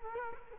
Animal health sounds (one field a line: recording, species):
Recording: mosquito wingbeat signal from an infrared sensor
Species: Culex quinquefasciatus